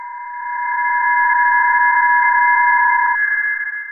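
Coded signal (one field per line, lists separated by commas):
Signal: PSK31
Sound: several steady warbling tones at once, thin and continuous, over faint hiss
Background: radio static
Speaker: let's take a look and listen to some psk31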